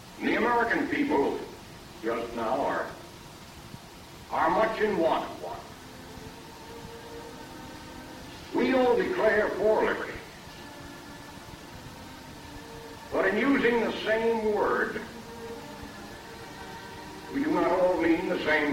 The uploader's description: a trip to Disneyland